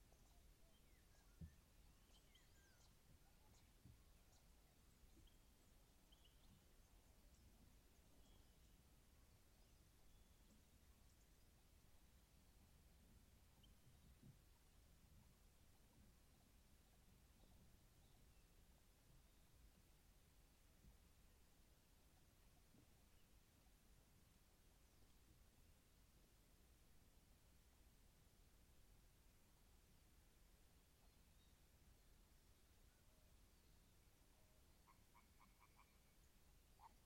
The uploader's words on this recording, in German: Ein Abend in der Lehmgrube. Aber echtes AB-Stereo.